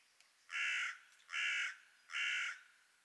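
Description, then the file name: Carrion crow calling three drawn-out, raspy caws, evenly spaced. "Corvus corone"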